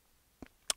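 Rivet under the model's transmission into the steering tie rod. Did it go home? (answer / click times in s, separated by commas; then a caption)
yes / 0.7 s. A small rivet under the transmission of a 1:64 scale Diecast Promotions Freightliner Cascadia truck model is snapped onto the steering tie rod to hold the positionable steering in place. A faint tick comes at 0.4 s, then a sharp, bright click at 0.7 s as the rivet seats on the tie rod.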